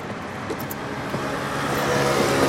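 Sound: car driving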